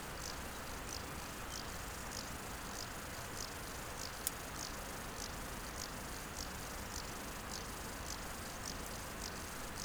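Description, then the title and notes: Bow-winged grasshopper song of brief, hissing high chirps, evenly spaced and repeated many times, with one sharp click midway over steady background noise. Several grasshoppers singing in a meadow beside the Nant Fourchu road near the Chéran river, France. "École, France. Au bord de la route du Nant Fourchu dans un pré près du Chéran. criquets mélodieux quelques oiseaux"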